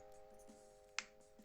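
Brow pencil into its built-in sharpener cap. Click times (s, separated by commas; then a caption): 1.0 s. A plastic retractable Avon brow pencil is twisted inside its built-in sharpening cap over a steady tonal background, with faint rubbing noises. A single sharp click at 1.0 s marks the pencil seated in the cap and sharpened.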